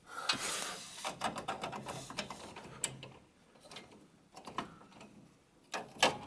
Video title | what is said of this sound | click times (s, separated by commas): How To Replace Fuser And Rollers For HP LaserJet 5si 8000 8100 8150 Printers | you just push it on and it'll snap into place | 2.8 s, 4.6 s, 6.0 s